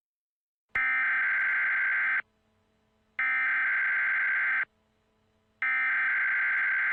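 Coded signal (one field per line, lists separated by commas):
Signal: Emergency Alert System (SAME) tones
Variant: header bursts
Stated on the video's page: Simulated EAS alert made with EAS Simulator software, using sound files from freesound and EASCreator; a fictional concept, not a real alert.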